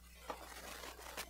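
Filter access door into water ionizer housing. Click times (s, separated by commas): 0.3 s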